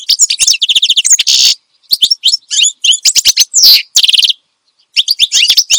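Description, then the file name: Finch song: lively high twitters and buzzy trills in several short phrases separated by brief pauses. Energetic finch song intended for training other songbirds (masteran). "Suara Kicauan Burung Finch Gacor Dor Cocok Untuk Masteran"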